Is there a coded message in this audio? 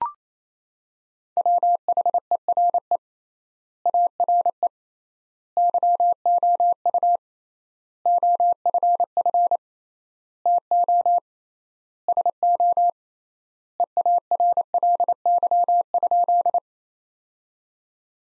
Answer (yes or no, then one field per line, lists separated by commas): yes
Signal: Morse code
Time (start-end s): 1.4-16.6 s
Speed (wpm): 28 wpm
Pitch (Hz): 700 Hz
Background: none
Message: WHERE ARE YOU OFF TO SO EARLY?